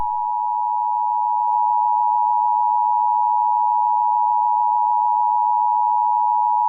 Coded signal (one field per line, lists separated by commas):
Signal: Emergency Alert System (SAME) tones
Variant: 853 and 960 Hz attention tone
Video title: The Storm of all Storms: A Mega EAS Scenario